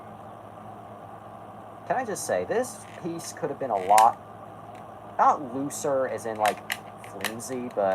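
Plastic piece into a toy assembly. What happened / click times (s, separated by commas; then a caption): The plastic piece is handled but has not yet clicked into place / none. Someone talks while handling a plastic piece being fitted into a toy assembly, with a faint steady background hum between phrases. The piece is meant to lock into place, but nothing has seated or clicked yet by the end of the clip.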